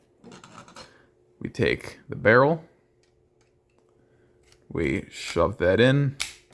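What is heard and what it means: Someone talks while handling the plastic barrel piece of a Generation One Transformers Megatron toy, getting ready to shove it into the socket of the robot's gun body. Light plastic clicks and taps sound early and again faintly near the end. Nothing has seated or snapped into place yet.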